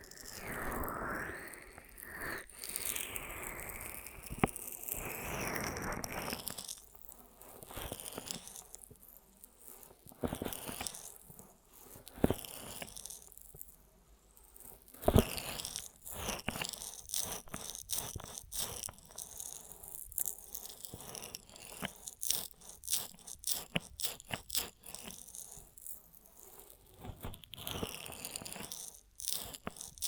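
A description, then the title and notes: Ear massage triggers: dense crinkly crunching and rubbing right at the mic, in irregular bursts and pauses, with a sharper tap near fifteen seconds. ASMR Most Tingly Ear Massage Triggers for Sleep (No Talking).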